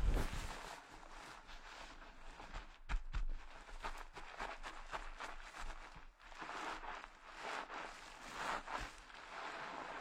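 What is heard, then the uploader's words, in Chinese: A head massage session with dense, continuous scratching and rubbing that swells and fades in waves, broken by sharper brushing strokes near three and nine seconds. 疗愈SPA！头部调理，深度放松。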